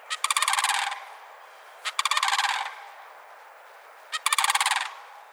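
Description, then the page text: Mississippi Sandhill Crane giving loud, rolling, rattled calls in three bursts under a second long, each opening with a short note, separated by quiet pauses. Non-migratory population living year-round in wet pine savanna near the Gulf Coast, Mississippi, unlike most migrating Sandhill Cranes. "The Mississippi Sandhill Crane Makes a Comeback (Bird Note. Chirp Nature Center"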